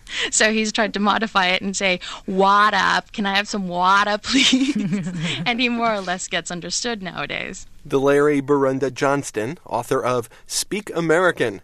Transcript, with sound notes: So he's tried to modify it and say 'waw-da, can I have some waw-da please.' (laughter) And he more or less gets understood nowadays."
Dileri Borunda Johnston, author of "Speak American: